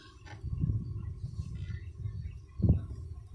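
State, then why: Not seated. During an oil catch can installation on a 2013 Chevy Impala, a PCV/breather hose quick-connector is being handled and pushed toward its port on the catch can or engine. Low rumbling handling noise fills the clip, with a brief louder bump around 2.6–2.7 s. The connector has not snapped into place yet; nothing has seated or clicked.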